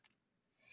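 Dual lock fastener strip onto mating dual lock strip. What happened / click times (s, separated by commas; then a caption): The plastic fastener strips snapped together / 0.1 s. The original Dual Lock fastener strip from the kit box is squeezed by hand onto its mating Dual Lock strip, giving two quick, bright clicks close together at about 0.1 s and 0.1 s. A faint high hiss follows from about 0.6 s, and the strips are locked together.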